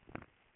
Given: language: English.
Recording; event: throat vibration sensor signal played as sound; swallow